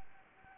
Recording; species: mosquito wingbeat signal from an infrared sensor; Anopheles gambiae